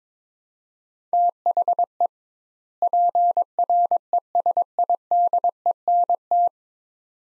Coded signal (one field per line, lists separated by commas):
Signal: Morse code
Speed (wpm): 22 wpm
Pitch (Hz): 700 Hz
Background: none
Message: THE PRESIDENT